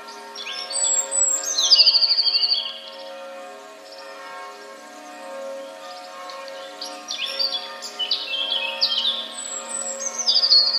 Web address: wroblowe teka spiew 1. wroblowe teka modraszkoteka